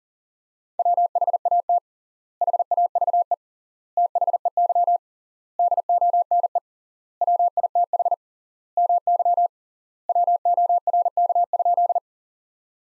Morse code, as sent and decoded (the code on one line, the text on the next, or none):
.-- .... .- - / .... .- ...- . / - .... . -.-- / -.. --- -. . / .-- .. - .... / -- -.-- / .-- --- .-. -.- ..--..
WHAT HAVE THEY DONE WITH MY WORK?